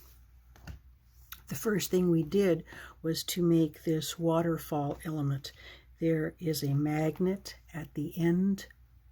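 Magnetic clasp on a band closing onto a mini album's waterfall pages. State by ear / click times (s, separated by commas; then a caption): not seated / none. A magnetic clasp at the end of a paper band on a handmade mini album's waterfall pages is handled while someone talks, with a few faint taps early in the clip. The clip ends before the magnet reaches its closing point, so nothing has clicked shut yet.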